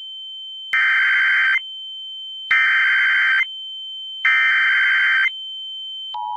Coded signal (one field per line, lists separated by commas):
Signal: Emergency Alert System (SAME) tones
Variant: header bursts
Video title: FLASH FLOOD EMERGENCY for Covington and Mandeville, LA! (EAS Recreation)